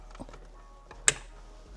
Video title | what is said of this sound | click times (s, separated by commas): Dashcam Power Adapter from Mangoal Install | and make sure that you hear the click | 1.1 s